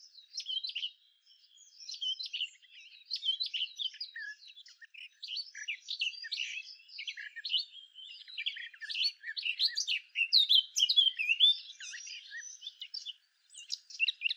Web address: SETE data Sylvia atricapilla